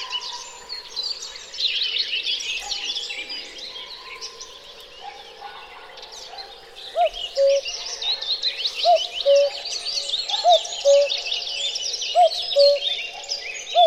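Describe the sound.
Cuckoo: songbird chorus twittering at first, then a cuckoo joins with several clear two-note cu-ckoo calls, evenly spaced in the second half.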